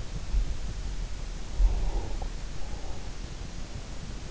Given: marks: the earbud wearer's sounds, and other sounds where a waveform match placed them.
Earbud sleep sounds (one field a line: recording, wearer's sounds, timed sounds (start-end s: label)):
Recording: sounds in sleep by an in-ear microphone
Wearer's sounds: breath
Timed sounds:
1.49-4.09 s: breath